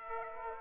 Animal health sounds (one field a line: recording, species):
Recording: mosquito wingbeat signal from an infrared sensor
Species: Aedes aegypti